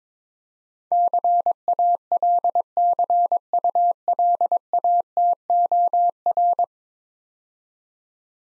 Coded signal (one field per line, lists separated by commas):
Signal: Morse code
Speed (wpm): 22 wpm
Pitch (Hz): 700 Hz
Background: none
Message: CALCULATOR